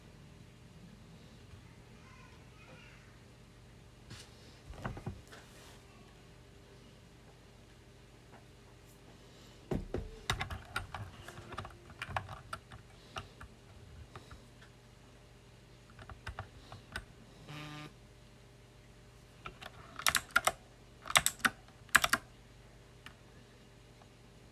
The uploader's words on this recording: You will hear a close-up recording of me working with a loud mechanical keyboard.